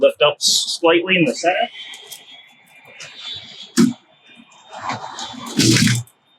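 Someone talks while lifting a bunk safety rail on a Winnebago Spyder 28 KS slightly in the center to free it from its locking bracket. A single sharp hit sounds at 3.8 s during the lift, and the rail's latch releases so it can come forward and down.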